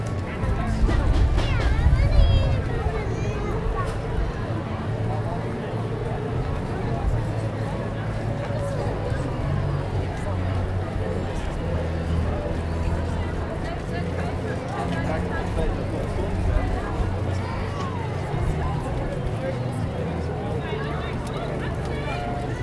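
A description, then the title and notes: A busy outdoor Christmas market, with crowds talking all at once in a dense, steady babble of overlapping voices. A low rumble runs underneath throughout, with a louder stretch of voices in the first few seconds before the crowd noise evens out. Walking though a busy outdoor Christmas market. It is dark and the ground is wet from an earlier downpour. Crowds are gathering in anticipation of the Christmas lights in the High Street being switched on.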